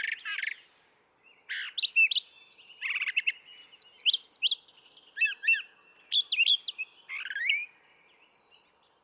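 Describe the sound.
Brown thrasher delivering a varied song of paired phrases, rich slurred whistles, raspy bursts and sharp chips, with brief gaps between groups.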